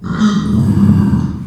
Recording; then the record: squeal of a Yucatan mini pig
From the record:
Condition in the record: after surgery on the right vocal fold (resection and tissue-engineered implant); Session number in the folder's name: 13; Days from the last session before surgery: 113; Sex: female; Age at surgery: 19 weeks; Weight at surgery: 25 kg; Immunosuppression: prednisolone